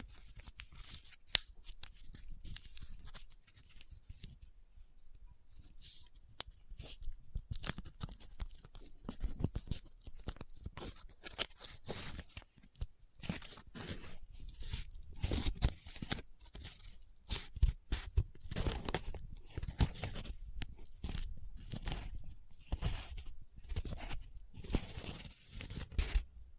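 Close-up paper being folded, rubbed and crinkled, with dense bursts of sharp crackling and scratchy rustles. A brief lull comes early, around four to six seconds, then the crinkling grows busier and louder through the second half, with frequent crisp snaps.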